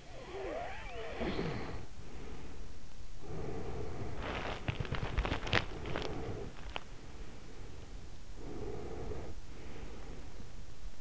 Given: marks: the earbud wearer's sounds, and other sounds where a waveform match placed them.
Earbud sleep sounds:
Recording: sounds in sleep by an in-ear microphone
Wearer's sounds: snoring breath, breath, teeth grinding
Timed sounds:
0.00-3.14 s: snoring breath
3.14-4.27 s: breath
4.27-6.95 s: teeth grinding
5.62-6.55 s: breath
8.28-11.01 s: breath

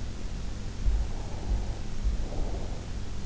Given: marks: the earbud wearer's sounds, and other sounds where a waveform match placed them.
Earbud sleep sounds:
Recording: sounds in sleep by an in-ear microphone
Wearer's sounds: breath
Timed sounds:
1.07-3.07 s: breath

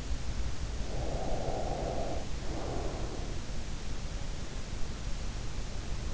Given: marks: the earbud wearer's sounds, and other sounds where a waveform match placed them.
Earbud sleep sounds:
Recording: sounds in sleep by an in-ear microphone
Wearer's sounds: breath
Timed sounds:
0.82-3.40 s: breath

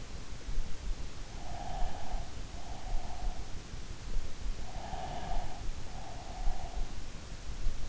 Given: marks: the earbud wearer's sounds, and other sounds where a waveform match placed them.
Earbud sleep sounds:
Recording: sounds in sleep by an in-ear microphone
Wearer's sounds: breath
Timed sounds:
1.46-3.59 s: breath
4.84-7.10 s: breath

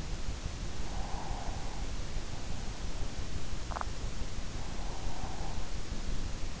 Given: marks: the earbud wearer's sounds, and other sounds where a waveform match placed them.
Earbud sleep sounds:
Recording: sounds in sleep by an in-ear microphone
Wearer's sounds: breath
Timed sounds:
0.66-2.09 s: breath
3.58-5.87 s: breath

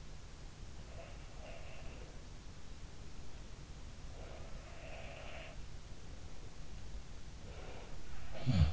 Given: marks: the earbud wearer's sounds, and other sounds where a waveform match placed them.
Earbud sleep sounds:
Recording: sounds in sleep by an in-ear microphone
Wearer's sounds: breath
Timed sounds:
0.70-2.40 s: sound from someone else or the room
1.70-2.40 s: breath
4.11-5.64 s: sound from someone else or the room
7.32-8.05 s: breath
8.18-8.73 s: sound from someone else or the room

